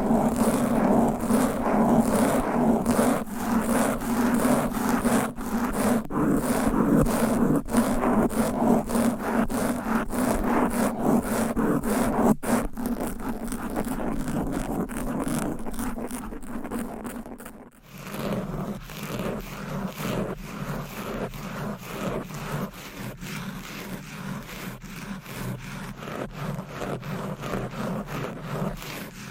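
Fast, aggressive scratching of a microphone with nails and mic covers, a dense rapid stream of rough strokes with a strong low hum underneath. Around the eighteen-second mark it briefly drops and the texture changes to a slightly thinner, choppier rasp.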